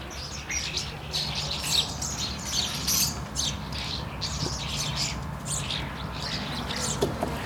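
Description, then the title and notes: Starling chatter: a continuous jumble of clicks, squeals and whistles from several birds, steady throughout, with low rumbling noise underneath. Starlings, Rue Henri Jomain, Niévroz, France; Sony PCM-D100 internal microphones in wide position. "Niévroz, France, Rue Henri Jomain - starlings and a fly. étourneaux et une mouche"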